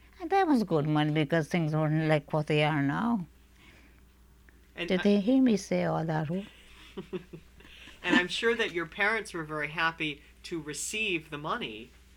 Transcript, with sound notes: And that was good money, because things aren't like what they are now. Did they hear me say all that?
( he laughs ) And I'm sure that your parents were very happy to receive the money?